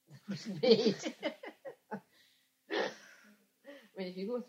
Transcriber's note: laughs